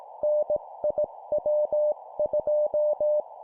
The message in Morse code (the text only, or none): NIW2